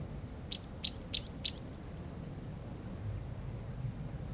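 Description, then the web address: Bird calling four quick, high arched chirps in a row, then only a steady low rumble and hiss. Daytime river scene in a jungle or rainforest atmosphere. "river day bird call. dschungel regenwald"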